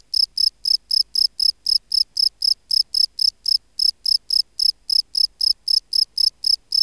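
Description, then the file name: Field cricket singing a run of short, shrill chirps. "Gryllus campestris"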